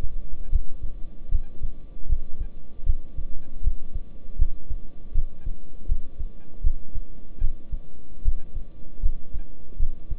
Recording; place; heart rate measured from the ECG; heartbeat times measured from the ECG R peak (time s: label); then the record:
heart sounds by stethoscope; between the tricuspid and mitral areas; 78 bpm
0.50 s: heartbeat
1.30 s: heartbeat
2.07 s: heartbeat
2.84 s: heartbeat
3.62 s: heartbeat
4.37 s: heartbeat
5.13 s: heartbeat
5.87 s: heartbeat
6.62 s: heartbeat
7.39 s: heartbeat
8.23 s: heartbeat
9.01 s: heartbeat
9.77 s: heartbeat
From the record:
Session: rest, lying down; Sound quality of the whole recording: good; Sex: male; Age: 26 years